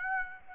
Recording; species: mosquito wingbeat signal from an infrared sensor; Aedes aegypti